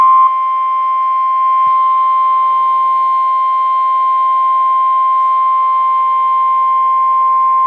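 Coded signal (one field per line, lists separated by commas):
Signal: Emergency Alert System (SAME) tones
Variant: 1050 Hz attention tone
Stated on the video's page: Required Weekly Test received on weather radio station KEC74 in Indiana.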